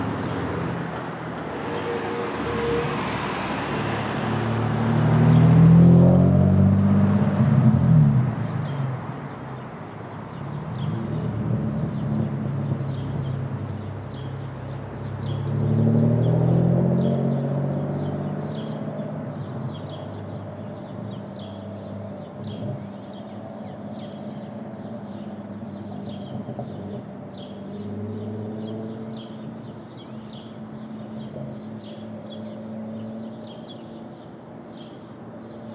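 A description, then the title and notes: Street traffic in the open air at dawn, with a car passing around five to eight seconds and another softer pass near sixteen seconds. Between them a low, steady rumble of traffic continues, and faint regular chirps repeat high above. Brooklyn Dawn, 4 - 17 - 20, Street Traffic, Open Air.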